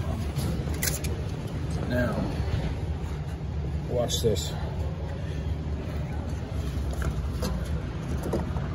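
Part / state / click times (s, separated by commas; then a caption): fuel filler cap on car filler neck / torque reached / 7.0 s. A fuel filler cap on a car's filler neck is turned clockwise to tighten it until its ratchet clicks, while someone talks over a steady low rumble. A short, sharp ratchet click is heard at 7.0 s, confirming the cap has been tightened.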